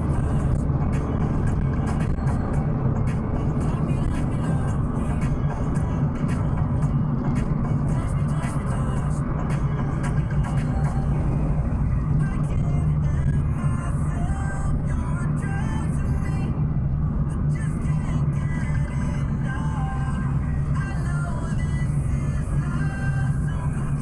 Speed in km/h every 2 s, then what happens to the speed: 84, 80, 76, 72, 69, 67, 65, 64, 62, 60, 59, 59.
0-24 slows to 59.